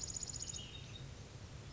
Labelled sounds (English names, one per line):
Ash-throated Flycatcher